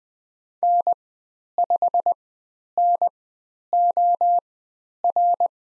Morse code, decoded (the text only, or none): N5NOR